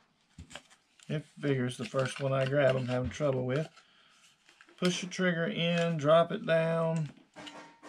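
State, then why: Not seated. A Sig Sauer P320 pistol's fire control unit is handled with the trigger pushed in and dropped down toward the polymer grip module while someone talks. A few soft clicks and rubbing sounds come through near 0.6 s and between 4.5 and 4.7 s. Nothing has seated or snapped into place yet.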